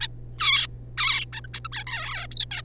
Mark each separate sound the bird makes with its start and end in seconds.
0.01-0.07, 0.39-0.67, 0.97-1.25, 1.33-1.41, 1.44-1.47, 1.53-1.60, 1.65-1.68, 1.72-1.83, 1.87-2.26, 2.31-2.35, 2.35-2.45, 2.51-2.62